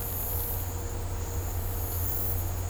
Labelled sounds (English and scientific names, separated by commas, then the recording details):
none
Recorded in dense forest near Puerto Asís, Putumayo, Colombia, on 22 December 2024 at 16:30
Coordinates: 0.503, -76.323
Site G043